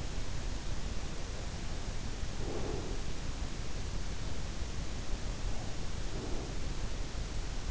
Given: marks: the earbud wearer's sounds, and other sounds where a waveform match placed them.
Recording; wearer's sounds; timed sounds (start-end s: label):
sounds in sleep by an in-ear microphone; breath
2.31-3.22 s: breath
5.58-6.90 s: breath